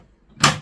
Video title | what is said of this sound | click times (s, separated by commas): The Great Kiwi Campervan Build. Episode 1. | fold-up table, clicks into place, | 0.4 s